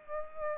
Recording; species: mosquito wingbeat signal from an infrared sensor; Aedes aegypti